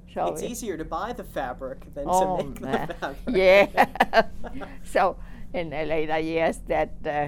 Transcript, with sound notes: It's easier to buy the fabric than to make the fabric.
Oh, yeah. ( they laugh ) So in the later years that